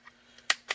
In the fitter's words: in slide it over locks in place